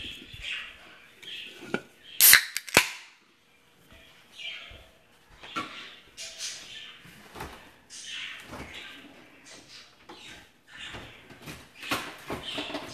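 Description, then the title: Budgerigar chatter of quick squeaky chirps and warbles, broken by two loud sharp clicks early on and scattered softer taps. "Budgie Sounds"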